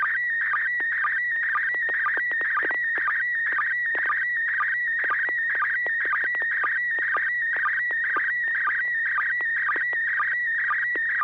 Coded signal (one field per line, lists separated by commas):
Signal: SSTV (slow-scan television)